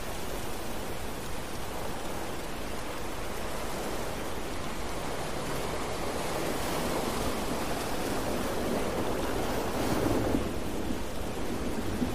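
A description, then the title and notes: A thick, steady wash of rain and ocean surf fills the whole stretch, hissing across high and low alike. A deep rumble runs underneath, and the roar swells slightly toward the ten-second mark, as if a wave or thunder rolls in. Thunderstorm & Rain Sounds With Ocean Waves.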